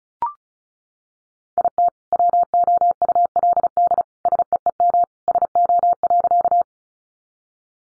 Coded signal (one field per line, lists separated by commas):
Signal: Morse code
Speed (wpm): 34 wpm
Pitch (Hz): 700 Hz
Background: none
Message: IT WOULD SEEM SO.